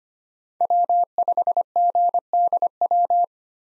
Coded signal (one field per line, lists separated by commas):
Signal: Morse code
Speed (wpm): 25 wpm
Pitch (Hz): 700 Hz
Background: none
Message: W5GDW